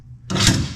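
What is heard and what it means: The stabilizer leg on a small camper trailer has been swung down and pulled toward its locked position, and then its lever is pushed. After a quiet start, a single loud, broadband hit lands at 0.3 s and rings down over the rest of the clip. The lever locks into place and the camper is stabilized.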